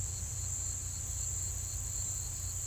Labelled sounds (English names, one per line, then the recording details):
none
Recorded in pastures near Puerto Asís, Putumayo, Colombia, on 16 December 2024 at 09:30
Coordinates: 0.472, -76.329
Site G072